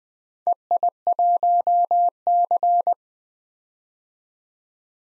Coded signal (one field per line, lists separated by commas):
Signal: Morse code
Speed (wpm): 21 wpm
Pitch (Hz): 700 Hz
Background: none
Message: EI1C